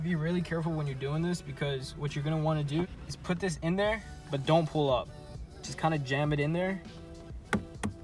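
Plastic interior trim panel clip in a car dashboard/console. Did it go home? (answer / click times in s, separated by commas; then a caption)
released / 7.5 s. Someone talks over background music while a flat-head screwdriver is jammed between the leather and the silver plastic interior trim piece on an FRS/BRZ dashboard/console, to remove it for vinyl wrapping. A sharp click at 7.5 s, followed by another brief tick at 7.8 s, marks the plastic trim clip popping loose so the trim can be pulled up.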